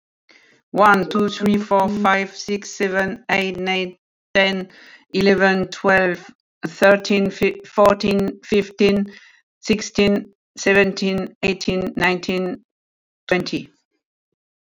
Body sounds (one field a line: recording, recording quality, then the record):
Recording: counting at a fast pace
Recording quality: excellent, no background noise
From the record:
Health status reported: healthy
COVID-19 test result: not tested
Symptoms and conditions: none ticked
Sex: female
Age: 55 years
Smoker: not ticked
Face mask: not worn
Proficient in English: no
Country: France